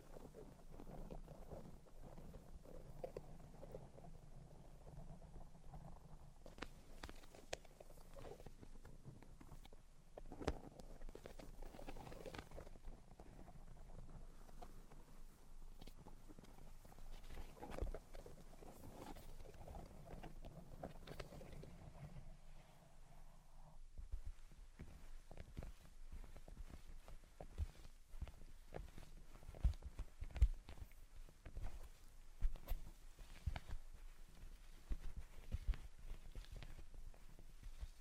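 Tapping, scratching and tracing sounds fill the recording, with a soft low rumble and dense rubbing texture through the first twenty-three seconds. After that the rumble drops away and the sounds turn sharper and more scattered, with distinct taps and clicks, the loudest near thirty seconds.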